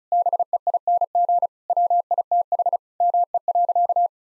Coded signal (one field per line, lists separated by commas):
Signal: Morse code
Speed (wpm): 34 wpm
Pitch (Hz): 700 Hz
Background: none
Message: BEING WITH ME.